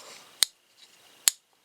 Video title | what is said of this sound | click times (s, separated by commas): Buck 284 Bantam BBW Folding Knife | you hear that snap right there where's the snap point there | 0.4 s, 1.3 s